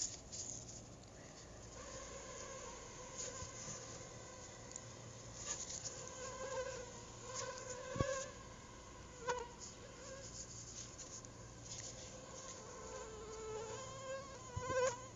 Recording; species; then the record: mosquito flight sound by mobile phone; Anopheles arabiensis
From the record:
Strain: Rufisque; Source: CDC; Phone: Google Nexus